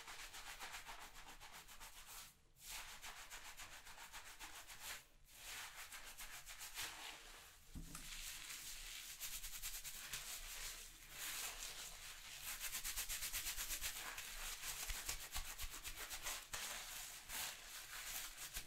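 Hair salon sounds of steady rubbing and scrubbing on hair, like a shampoo, fill the clip with a dense, hissy texture. Brief pauses near 2.5, 5 and 7.5 seconds break the motion, and the rubbing grows louder and brighter after about 12 seconds.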